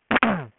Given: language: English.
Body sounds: throat vibration sensor signal played as sound; throat clearing

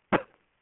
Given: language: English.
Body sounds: throat vibration sensor signal played as sound; cough

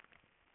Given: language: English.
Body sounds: throat vibration sensor signal played as sound; swallow

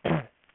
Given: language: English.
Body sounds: throat vibration sensor signal played as sound; throat clearing

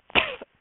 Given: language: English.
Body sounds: throat vibration sensor signal played as sound; cough

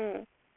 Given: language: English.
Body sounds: throat vibration sensor signal played as sound; speech

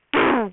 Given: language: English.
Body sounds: throat vibration sensor signal played as sound; throat clearing

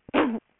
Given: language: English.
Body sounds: throat vibration sensor signal played as sound; cough

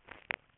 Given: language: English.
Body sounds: throat vibration sensor signal played as sound; swallow

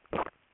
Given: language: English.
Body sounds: throat vibration sensor signal played as sound; swallow

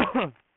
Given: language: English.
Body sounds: throat vibration sensor signal played as sound; cough

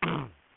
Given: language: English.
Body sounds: throat vibration sensor signal played as sound; throat clearing

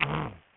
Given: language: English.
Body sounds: throat vibration sensor signal played as sound; throat clearing

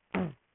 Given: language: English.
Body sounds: throat vibration sensor signal played as sound; throat clearing

